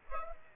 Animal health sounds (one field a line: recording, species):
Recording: mosquito wingbeat signal from an infrared sensor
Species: Culex pipiens